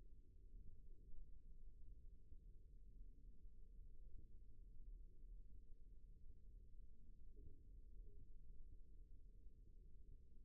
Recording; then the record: forearm muscle sounds (acoustic myography)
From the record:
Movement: rest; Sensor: system 1, eight BSWA MPA416 microphones around the upper forearm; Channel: 5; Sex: female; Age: 21 years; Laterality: right